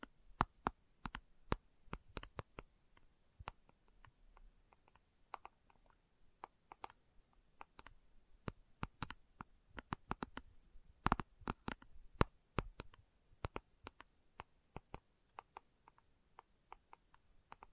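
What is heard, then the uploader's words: Slow tapping: short, sharp clicks arrive one at a time or in loose pairs, spaced irregularly across the whole stretch. The taps are crisp and bright with a quick thud underneath, varying in strength, and a few land noticeably harder, around 0.5 and 11 seconds. ASMR Slow Tapping for Deep Sleep (No Talking).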